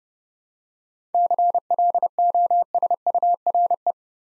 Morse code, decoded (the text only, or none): CLOSURE